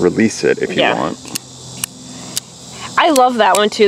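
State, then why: Released. Someone talks while the open blade of a Kansept Weasel slip joint folding knife is pushed with one finger out of its double detent in the handle to close it. Sharp clicks sound at 1.8 s and 2.4 s. The blade releases easily from the detent.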